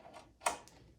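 The right-side panel lock on the front panel of a McIntosh MC2105 amplifier is pressed once to lock the chassis into its wood cabinet. A sharp, bright tick at 0.5 s marks the lock latching in, followed by a faint short tick at 0.7 s. The panel lock is seated.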